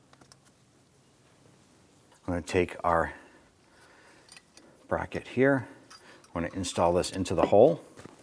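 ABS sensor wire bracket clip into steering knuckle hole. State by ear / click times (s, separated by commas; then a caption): not seated / none. A plastic ABS sensor wire bracket clip on a 2011-2021 Jeep Grand Cherokee is handled and brought to its mounting hole in the steering knuckle during a front brake replacement, while someone talks. Only a few faint, brief handling ticks are heard between the speech. The clip ends before the bracket goes home, so nothing has seated or clicked yet.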